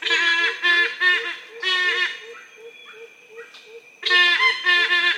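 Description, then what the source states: Yellow-casqued hornbill calls: rapid bursts of loud, nasal, braying notes, a brief softer pause with faint thin tones, then another strident run of honking notes. More than one bird, described as singing.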